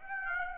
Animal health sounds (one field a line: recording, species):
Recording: mosquito wingbeat signal from an infrared sensor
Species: Aedes aegypti